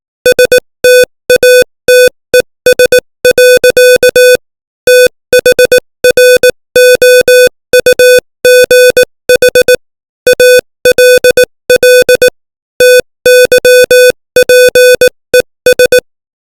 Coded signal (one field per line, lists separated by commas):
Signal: Morse code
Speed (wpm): 18 wpm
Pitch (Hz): 500 Hz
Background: music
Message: STATES. THROUGH ALL TYPES